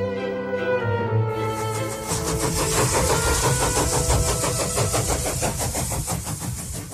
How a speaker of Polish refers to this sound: No i pojechał ten pociąg